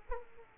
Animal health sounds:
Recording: mosquito wingbeat signal from an infrared sensor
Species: Aedes aegypti

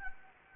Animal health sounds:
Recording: mosquito wingbeat signal from an infrared sensor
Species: Anopheles gambiae

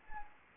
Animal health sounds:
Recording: mosquito wingbeat signal from an infrared sensor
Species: Anopheles gambiae

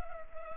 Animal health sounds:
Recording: mosquito wingbeat signal from an infrared sensor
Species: Culex pipiens

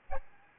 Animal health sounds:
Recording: mosquito wingbeat signal from an infrared sensor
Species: Aedes albopictus

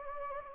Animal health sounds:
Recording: mosquito wingbeat signal from an infrared sensor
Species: Anopheles gambiae

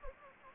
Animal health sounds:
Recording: mosquito wingbeat signal from an infrared sensor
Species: Anopheles gambiae

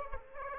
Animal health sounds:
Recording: mosquito wingbeat signal from an infrared sensor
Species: Aedes aegypti

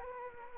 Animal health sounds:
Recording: mosquito wingbeat signal from an infrared sensor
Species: Anopheles gambiae

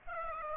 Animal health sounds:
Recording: mosquito wingbeat signal from an infrared sensor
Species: Aedes aegypti

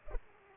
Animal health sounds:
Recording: mosquito wingbeat signal from an infrared sensor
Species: Culex pipiens

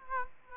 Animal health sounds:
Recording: mosquito wingbeat signal from an infrared sensor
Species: Aedes aegypti

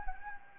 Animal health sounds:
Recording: mosquito wingbeat signal from an infrared sensor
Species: Anopheles gambiae

